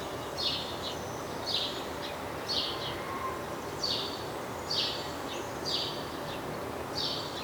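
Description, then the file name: House sparrow chirps, short bright notes repeated about once a second in a steady series over a constant background hiss. "Passer domesticus"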